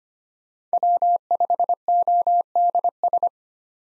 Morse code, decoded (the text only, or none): W5ODS